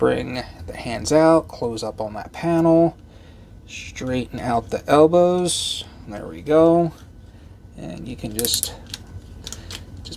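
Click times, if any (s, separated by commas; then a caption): none. Someone talks while handling a Transformers Legacy Evolution Dreadwing action figure, straightening its elbows, bringing the hands out and closing up a panel, and then moving the plastic shoulders back into the torso. Light plastic taps and clacks are heard from about 8.9 s to 10.1 s. The shoulders do not lock, and nothing has clicked into place yet.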